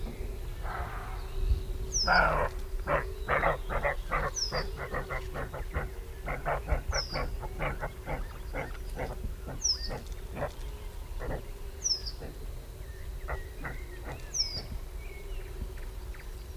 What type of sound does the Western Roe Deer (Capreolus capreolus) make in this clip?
barking